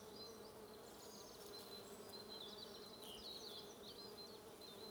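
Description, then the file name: Bees droning in an even, unbroken buzz. "buzzing bees"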